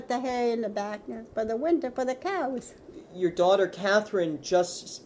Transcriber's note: none